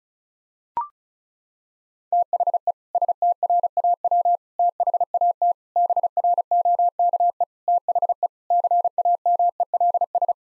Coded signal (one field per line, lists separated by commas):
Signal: Morse code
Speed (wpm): 34 wpm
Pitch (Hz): 700 Hz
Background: none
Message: THE STRAW THAT BROKE THE CAMELS